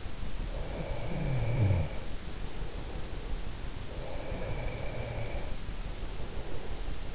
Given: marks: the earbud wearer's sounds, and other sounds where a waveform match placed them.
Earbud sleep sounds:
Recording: sounds in sleep by an in-ear microphone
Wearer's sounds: snoring breath, breath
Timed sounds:
0.48-3.46 s: snoring breath
4.23-6.78 s: breath

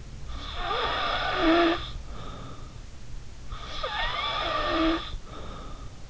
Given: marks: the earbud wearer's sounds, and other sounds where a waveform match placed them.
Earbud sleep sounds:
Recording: sounds in sleep by an in-ear microphone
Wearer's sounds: snoring breath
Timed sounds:
0.23-2.77 s: snoring breath
3.47-6.00 s: snoring breath

